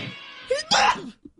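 An adult man lets out a natural sneeze after trying to hold it in.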